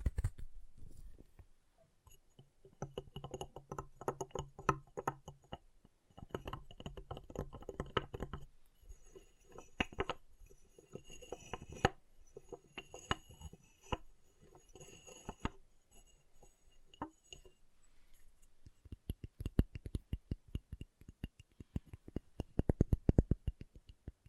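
Chalk being carved and cut, with dense bursts of scraping and sharp clicks, brief pauses, and rapid ticking taps near the end.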